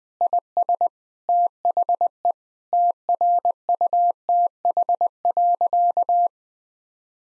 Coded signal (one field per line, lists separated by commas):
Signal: Morse code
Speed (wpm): 21 wpm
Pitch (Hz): 700 Hz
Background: none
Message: IS THE TRUTH.